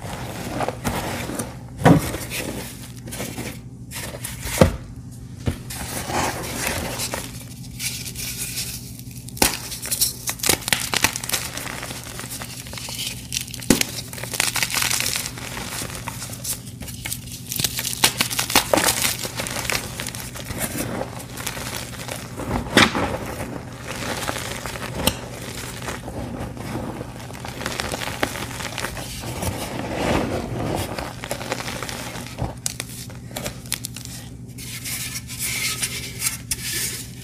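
Blocks of crispy dyed gym chalk dipped in dusty paste crumble and crunch in a steady run of dry, crinkly crackling. Sharp snaps and cracks break through every second or two over a low, constant hum underneath.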